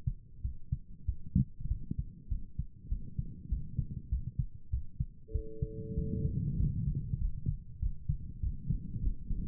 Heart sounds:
heart sounds by stethoscope; 98 bpm
0.41 s: heartbeat
1.05 s: heartbeat
1.67 s: heartbeat
2.28 s: heartbeat
2.88 s: heartbeat
3.48 s: heartbeat
4.09 s: heartbeat
4.70 s: heartbeat
5.31 s: heartbeat
5.94 s: heartbeat
6.56 s: heartbeat
7.18 s: heartbeat
7.79 s: heartbeat
8.40 s: heartbeat
9.00 s: heartbeat
From the record:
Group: healthy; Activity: rest 0-7 s, Valsalva maneuver 7-10 s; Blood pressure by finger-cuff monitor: 104/73 mmHg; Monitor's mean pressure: 83 mmHg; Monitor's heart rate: 98 bpm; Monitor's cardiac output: 7.7 L/min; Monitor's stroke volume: 79 mL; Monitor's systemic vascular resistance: 770 dyn s/cm5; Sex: male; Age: 19 years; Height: 178 cm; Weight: 83 kg

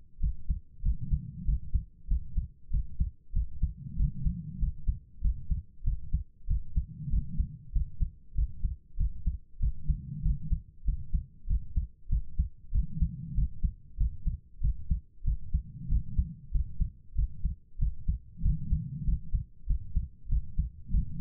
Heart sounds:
heart sounds by stethoscope; 96 bpm
0.19 s: heartbeat
0.81 s: heartbeat
1.44 s: heartbeat
2.06 s: heartbeat
2.69 s: heartbeat
3.32 s: heartbeat
3.95 s: heartbeat
4.58 s: heartbeat
5.20 s: heartbeat
5.83 s: heartbeat
6.46 s: heartbeat
7.09 s: heartbeat
7.71 s: heartbeat
8.34 s: heartbeat
8.96 s: heartbeat
9.58 s: heartbeat
10.21 s: heartbeat
10.83 s: heartbeat
11.46 s: heartbeat
12.08 s: heartbeat
12.70 s: heartbeat
13.33 s: heartbeat
13.96 s: heartbeat
14.60 s: heartbeat
15.23 s: heartbeat
15.87 s: heartbeat
16.50 s: heartbeat
17.14 s: heartbeat
17.77 s: heartbeat
18.41 s: heartbeat
19.03 s: heartbeat
19.66 s: heartbeat
20.28 s: heartbeat
20.90 s: heartbeat
From the record:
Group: healthy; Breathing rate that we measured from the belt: 21 breaths a minute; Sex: female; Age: 32 years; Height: 172 cm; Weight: 71.7 kg

